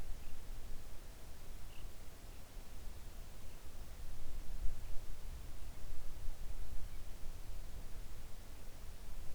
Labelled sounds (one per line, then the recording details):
songbird
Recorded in the Arctic National Wildlife Refuge, Alaska, on 3 August 2019 at 06:09
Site 41